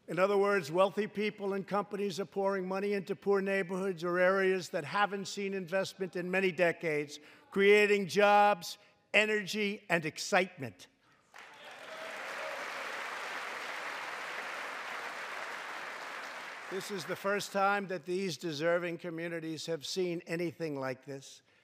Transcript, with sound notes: In other words, wealthy people and companies are pouring money into poor neighborhoods or areas that haven’t seen investment in many decades, creating jobs, energy, and excitement. (Applause.) This is the first time that these deserving communities have seen anything like this.